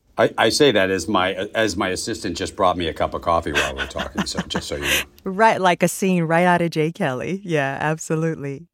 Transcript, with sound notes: I say that as my assistant just brought me a cup of coffee while we were talking, so just so you know.
(Laughter) Right, like a scene right out of "Jay Kelly." Yeah, absolutely.